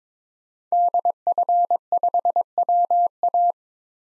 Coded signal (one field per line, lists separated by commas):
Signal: Morse code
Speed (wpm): 22 wpm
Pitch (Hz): 700 Hz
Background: none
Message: DF5WA